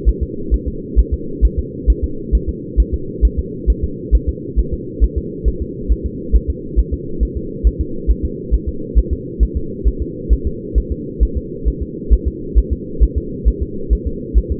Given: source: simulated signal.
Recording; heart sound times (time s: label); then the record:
fetal heart sounds
0.09 s: S1
0.23 s: S2
0.54 s: S1
0.68 s: S2
0.99 s: S1
1.14 s: S2
1.45 s: S1
1.59 s: S2
1.90 s: S1
2.04 s: S2
2.35 s: S1
2.49 s: S2
2.80 s: S1
2.94 s: S2
3.25 s: S1
3.39 s: S2
3.70 s: S1
3.84 s: S2
4.15 s: S1
4.29 s: S2
4.59 s: S1
4.74 s: S2
5.04 s: S1
5.18 s: S2
5.48 s: S1
5.62 s: S2
5.92 s: S1
6.06 s: S2
6.36 s: S1
6.50 s: S2
6.79 s: S1
6.94 s: S2
7.23 s: S1
7.37 s: S2
7.67 s: S1
7.81 s: S2
8.11 s: S1
8.25 s: S2
8.54 s: S1
8.69 s: S2
8.98 s: S1
9.13 s: S2
9.43 s: S1
9.57 s: S2
9.88 s: S1
10.02 s: S2
10.33 s: S1
10.47 s: S2
10.78 s: S1
10.92 s: S2
11.23 s: S1
11.37 s: S2
11.68 s: S1
11.83 s: S2
12.13 s: S1
12.28 s: S2
12.58 s: S1
12.73 s: S2
13.03 s: S1
13.18 s: S2
13.48 s: S1
13.62 s: S2
13.93 s: S1
14.07 s: S2
14.38 s: S1
14.52 s: S2
From the record:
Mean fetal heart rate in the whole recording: 135 bpm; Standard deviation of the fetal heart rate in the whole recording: 3 bpm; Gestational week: 34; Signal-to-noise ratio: -4.3 dB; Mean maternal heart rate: 72 bpm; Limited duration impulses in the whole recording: absent